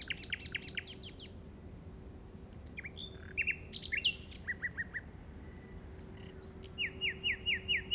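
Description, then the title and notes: Common nightingale singing varied phrases: rapid clicking notes, brief whistles and chattering bursts, ending in a rhythmic run of repeated slurred notes; a faint steady tone underneath. Recorded in the Llobregat Delta at 06:00 on 8 May 2015 with a Zoom recorder. "Grabación de ruiseñor común (Luscinia megarhynchos) en el Delta del Llobregat a las 06:00 del 08/05/2015."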